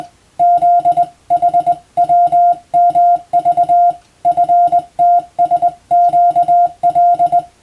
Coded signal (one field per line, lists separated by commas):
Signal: Morse code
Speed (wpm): 20 wpm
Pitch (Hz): 700 Hz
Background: music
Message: ZHWMV FTSQL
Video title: 無線従事者国家試験総合無線通信士電気通信術のトレーニングにＣＷを打ってみました。アマチュア無線ハムの受信練習にもどうぞ(morse code practice for radio operator )